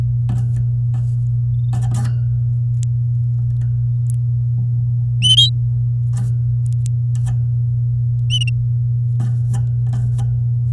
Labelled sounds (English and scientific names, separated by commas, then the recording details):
Domestic Canary (Serinus canaria) song
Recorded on 11 May 2018 at 08:50
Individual llb16